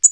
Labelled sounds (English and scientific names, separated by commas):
Tennessee Warbler (Leiothlypis peregrina) flight call